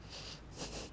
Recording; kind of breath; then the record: one breath in and out by a microphone near the nose and mouth; strong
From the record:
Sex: male